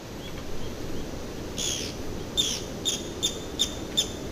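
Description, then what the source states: Japanese pygmy woodpecker calls: several short, harsh, squeaky notes in quick succession over a steady background hiss. Self-assertive calls, perhaps birds fighting; two birds seem to call to each other or to a distant bird. Played from an archive recording.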